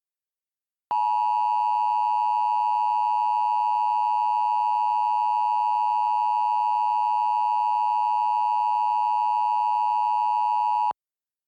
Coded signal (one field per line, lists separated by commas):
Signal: Emergency Alert System (SAME) tones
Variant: 853 and 960 Hz attention tone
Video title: Louisiana and Texas' Hot Temps - EAS Mock